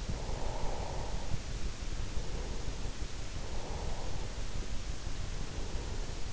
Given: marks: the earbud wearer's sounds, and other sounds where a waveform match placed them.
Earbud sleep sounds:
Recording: sounds in sleep by an in-ear microphone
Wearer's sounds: breath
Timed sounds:
0.18-3.00 s: breath
3.45-6.33 s: breath

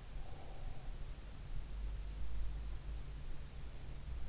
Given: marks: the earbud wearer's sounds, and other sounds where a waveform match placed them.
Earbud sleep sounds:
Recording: sounds in sleep by an in-ear microphone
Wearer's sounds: breath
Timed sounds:
0.04-1.02 s: breath

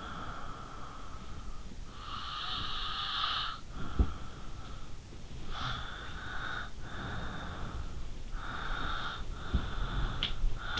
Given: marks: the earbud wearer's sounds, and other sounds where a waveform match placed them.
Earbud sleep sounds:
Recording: sounds in sleep by an in-ear microphone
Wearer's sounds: breath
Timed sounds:
0.00-10.80 s: breath

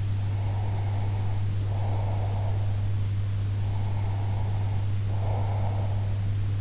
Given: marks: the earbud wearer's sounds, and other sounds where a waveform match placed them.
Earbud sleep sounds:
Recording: sounds in sleep by an in-ear microphone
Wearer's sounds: breath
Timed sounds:
0.36-2.79 s: breath
3.56-6.22 s: breath

